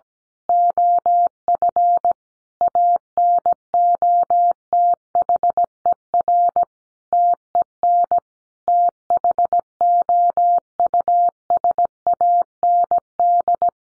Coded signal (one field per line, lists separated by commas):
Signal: Morse code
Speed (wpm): 17 wpm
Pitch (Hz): 700 Hz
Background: none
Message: OF ANOTHER TEN THOUSAND